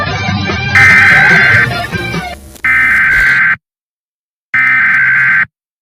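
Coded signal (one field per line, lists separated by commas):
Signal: Emergency Alert System (SAME) tones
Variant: header bursts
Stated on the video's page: Fictional EAS scenario with VHS filter effects.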